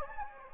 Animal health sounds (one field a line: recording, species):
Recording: mosquito wingbeat signal from an infrared sensor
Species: Anopheles gambiae